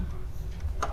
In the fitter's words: sampai terkunci